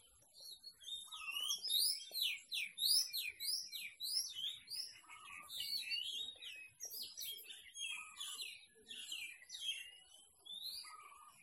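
Birds singing in a dense chorus of quick chirps and sharp rising and falling notes, with lower warbled phrases breaking in now and then.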